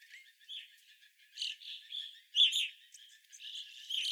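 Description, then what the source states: Evening grosbeaks chattering, harsh chirps and burry notes forming an almost continuous stream with a few louder peaks. Several evening grosbeaks recorded on 25 April 2021.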